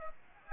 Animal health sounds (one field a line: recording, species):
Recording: mosquito wingbeat signal from an infrared sensor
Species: Aedes aegypti